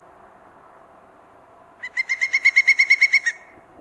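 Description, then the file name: Pileated woodpecker call series: a quick run of many loud, even, ringing notes lasting roughly a second and a half after a quiet start, over a faint steady background hum. "Dryocopus pileatus - Pileated Woodpecker"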